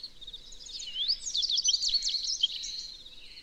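Short burst of bird song, a rising whistle leading into a jumble of quick high chirps and trills, fading away at the end.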